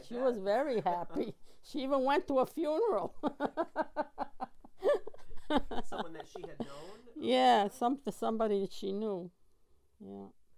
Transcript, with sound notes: She was very happy. ( they laugh ) She even went to a funeral. ( they laugh )
Someone that she had known?
Yeah, somebody she knew, yeah.